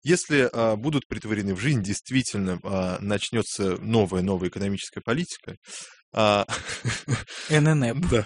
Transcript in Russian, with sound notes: Если будут претворены в жизнь, действительно начнется новая, новая экономическая политика… (смеются)
ННЭП.